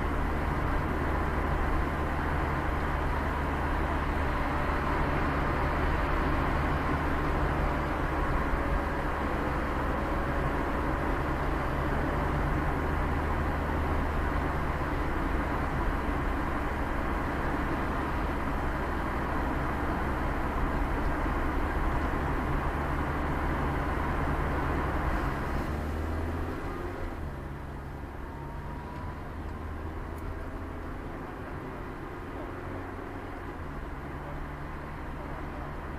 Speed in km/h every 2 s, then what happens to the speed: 33, 34, 34, 35, 32, 31, 28, 28, 27, 24, 24, 21, 16, 9, 3, 0, 0, 0.
0-7 steady at about 34. 7-29 slows to 0. 29-36 standing.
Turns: none.